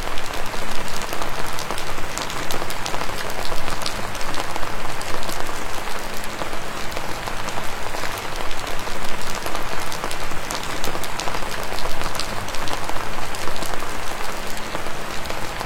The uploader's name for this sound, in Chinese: 乡村的晨雨